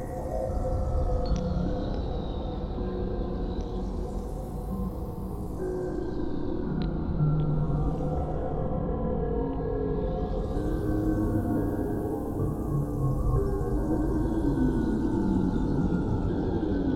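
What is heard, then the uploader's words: A dark horror ambience built from a dense, churning low rumble that holds steady for the whole stretch. Long moaning tones drift over it, some bending upward like whale calls, and a faint metallic ringing sweeps higher around the fifth and tenth seconds. Alone on a space station, you begin to hear things...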